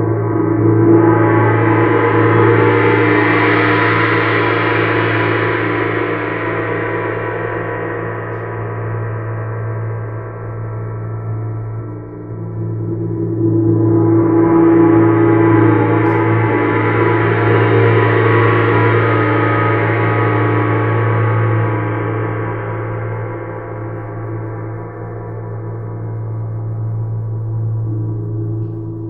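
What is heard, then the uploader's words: A gong rings out twice, once at the start and again around fourteen seconds, each stroke swelling into a bright shimmer before slowly fading. Beneath it a deep, steady hum sustains throughout, with a strong low tone that never dies away between strikes. Sound Therapy - Gong.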